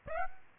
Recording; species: mosquito wingbeat signal from an infrared sensor; Aedes aegypti